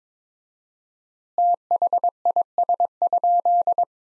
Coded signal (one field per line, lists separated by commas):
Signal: Morse code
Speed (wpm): 22 wpm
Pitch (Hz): 700 Hz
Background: none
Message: THIS?